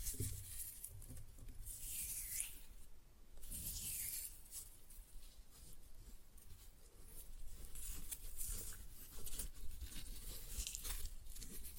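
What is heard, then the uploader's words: Floral foam is crushed in a dense, crackling, crumbling rush with brighter scraping bursts around two, four and eleven seconds, and low thuds. Floral Foam Glitter Bomb Crushing.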